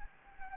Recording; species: mosquito wingbeat signal from an infrared sensor; Anopheles gambiae